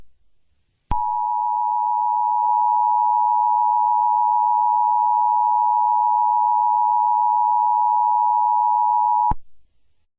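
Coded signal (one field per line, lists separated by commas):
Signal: Emergency Alert System (SAME) tones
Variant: 853 and 960 Hz attention tone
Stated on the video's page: Fictional simulated EAS scenario.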